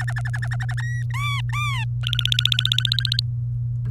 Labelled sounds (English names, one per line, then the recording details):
Domestic Canary song
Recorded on 24 April 2018 at 06:23
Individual llb3